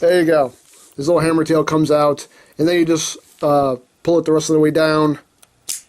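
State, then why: Seated. Someone talks while pulling the hammer tail of a plastic dinosaur toy the rest of the way down into the toy's body. A short snap is heard at 5.7 s as the tail locks into place, nice and sturdy.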